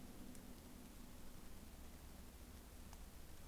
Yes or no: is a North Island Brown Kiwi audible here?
no